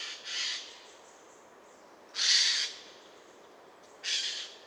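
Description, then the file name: Eurasian jay giving harsh, rasping screeches, three separate bursts spaced about two seconds apart, with a soft background hiss. "Garrulus glandarius"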